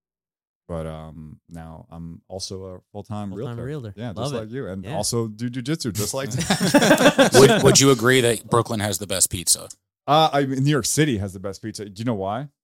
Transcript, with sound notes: but now I'm also a full-time realtor. - I'm a realtor. - Yeah, just like you. And also, dude, you just do just like that. (laughing) - Would you agree that Brooklyn has the best pizza? - I mean, New York City has the best pizza. Do you know why?